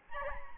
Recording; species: mosquito wingbeat signal from an infrared sensor; Aedes albopictus